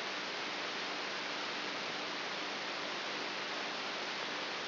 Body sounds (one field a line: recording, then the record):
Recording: brain microelectrode recording played as sound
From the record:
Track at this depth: inside the subthalamic nucleus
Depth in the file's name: 3.84 mm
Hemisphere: right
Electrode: 3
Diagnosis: Parkinson's disease